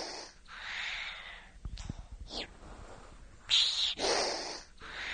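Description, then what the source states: Chameleon hissing in several breathy bursts of noise of varying length, up to about a second, separated by short pauses. Captive male chameleon, one of over 100 kept lizards, hissing in protest when picked up by its keeper.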